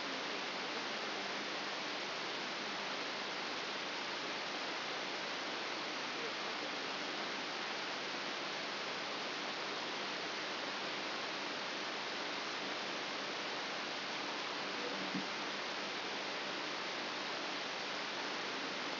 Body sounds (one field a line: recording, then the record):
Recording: brain microelectrode recording played as sound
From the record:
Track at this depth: inside the subthalamic nucleus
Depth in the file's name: 5.101 mm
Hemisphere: left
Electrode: 3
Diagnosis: Parkinson's disease